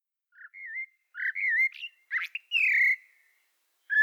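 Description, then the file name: Common blackbird song: a rich warbled phrase sliding up and down, followed by higher squeaky twitters, then a short fluty note at the end. "Turdus merula"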